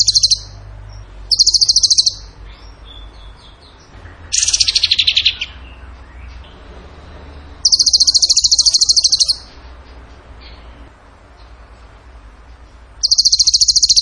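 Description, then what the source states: Bird song of rapid high trills repeated in several bursts, with quiet gaps between. Song in the tembakan gacor style, used for training cage birds.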